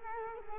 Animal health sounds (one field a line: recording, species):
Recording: mosquito wingbeat signal from an infrared sensor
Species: Culex quinquefasciatus